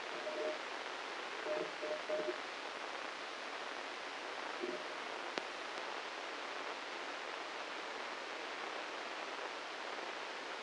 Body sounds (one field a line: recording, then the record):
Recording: brain microelectrode recording played as sound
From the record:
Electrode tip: inside the subthalamic nucleus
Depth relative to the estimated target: 4 mm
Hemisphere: right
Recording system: NeuroSet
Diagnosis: Parkinson's disease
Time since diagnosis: 9 years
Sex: male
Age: 56 years